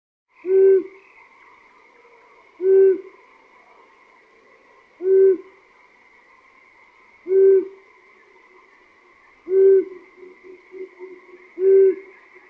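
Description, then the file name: Long-eared owl hooting: a single low, soft hoot repeated about every two seconds, six times, over a steady faint background hum. "uszatka"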